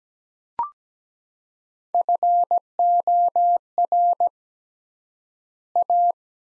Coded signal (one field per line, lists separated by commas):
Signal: Morse code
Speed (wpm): 17 wpm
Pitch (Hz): 700 Hz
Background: none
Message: FOR A